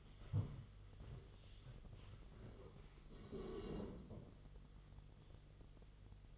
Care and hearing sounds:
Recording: daily activity, microphone in the room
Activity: stand up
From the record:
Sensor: 4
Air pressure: 1006.2 hPa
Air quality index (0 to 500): 98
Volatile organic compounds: 2 ppm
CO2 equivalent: 1212 ppm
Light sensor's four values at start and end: 12/28/11/10 and 12/28/11/10

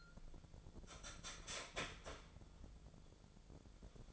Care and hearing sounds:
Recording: daily activity, microphone in the room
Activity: start toaster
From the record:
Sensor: 5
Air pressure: 1000.4 hPa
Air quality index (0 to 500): 132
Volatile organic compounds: 2 ppm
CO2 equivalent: 1038 ppm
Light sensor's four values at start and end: 80/187/80/86 and 80/187/80/86

